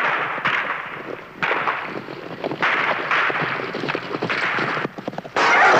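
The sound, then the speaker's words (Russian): Horses ridden by White Guard soldiers fleeing from partisans gallop in a loud, continuous rush of rapid, irregular hoofbeats, a dense clatter of thuds over a broad hissing roar that surges and drops in waves. “Белогвардейцы скачут на лошадях от партизан.”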